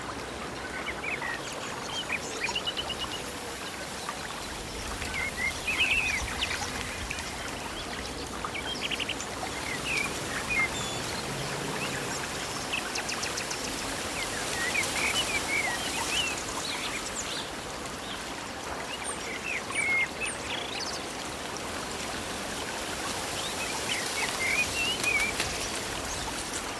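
A stream flows in a steady, even rush while birds chirp in brief, scattered bursts every few seconds, with occasional higher peeps.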